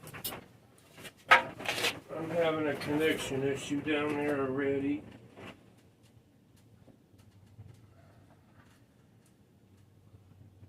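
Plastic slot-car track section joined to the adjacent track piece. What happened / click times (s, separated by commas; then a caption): Plastic track pieces handled, not yet seated / none. A plastic Carrera Digital slot-car track section, a turn that had been removed, is handled while being reconnected to the adjacent track piece. Sharp knocks at about 0.3 and 1.3 seconds and rubbing handling noise are heard as someone talks, followed by near silence. Nothing has seated or clicked into place yet.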